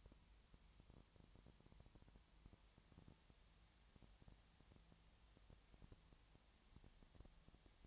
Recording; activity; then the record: daily activity, microphone in the room; no activity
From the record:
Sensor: 3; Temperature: 20.6 degrees Celsius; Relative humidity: 34.7%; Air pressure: 1007.2 hPa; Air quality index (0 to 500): 137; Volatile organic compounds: 3 ppm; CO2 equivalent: 1527 ppm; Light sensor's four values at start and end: 2/3/2/2 and 2/3/2/2